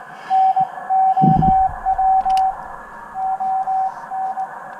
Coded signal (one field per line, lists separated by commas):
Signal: Morse code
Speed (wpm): 19 wpm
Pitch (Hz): 760 Hz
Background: none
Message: NOW ON